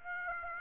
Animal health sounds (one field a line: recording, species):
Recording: mosquito wingbeat signal from an infrared sensor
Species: Aedes aegypti